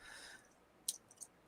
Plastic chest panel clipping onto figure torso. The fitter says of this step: and like it kind of locks. It clicks into place, but it doesn't hold super tight.